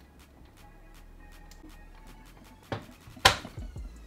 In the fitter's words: not only did you hear a click but you saw it lock in place so now the card isn't going anywhere